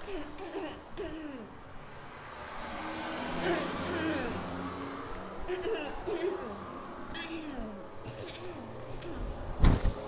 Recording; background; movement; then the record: throat clearing; traffic; walking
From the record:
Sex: female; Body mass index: 18.3 kg/m2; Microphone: on the chest, facing outward